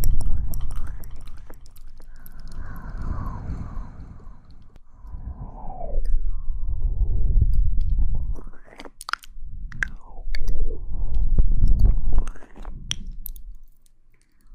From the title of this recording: Mouth Sounds